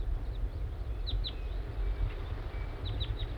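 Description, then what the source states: Crossbill calls: a few short, sharp downslurred notes in two groups, over a steady low rumble. Call of a wild crossbill, distinct from a captive bird, near a netting site.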